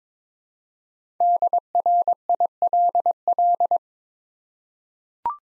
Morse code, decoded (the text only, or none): DRILL